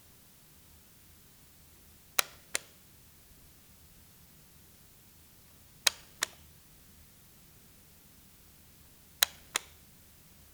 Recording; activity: daily activity, guitar pickup as the sensor; operate light